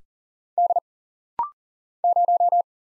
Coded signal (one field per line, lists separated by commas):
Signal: Morse code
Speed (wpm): 39 wpm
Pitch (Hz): 700 Hz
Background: none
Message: D 0